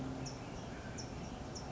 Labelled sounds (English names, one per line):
California Towhee